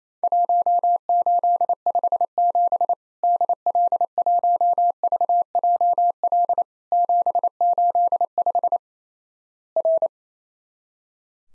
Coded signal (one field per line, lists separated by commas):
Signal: Morse code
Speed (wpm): 28 wpm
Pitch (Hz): 700 Hz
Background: none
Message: 1857 DL1VJL 785 R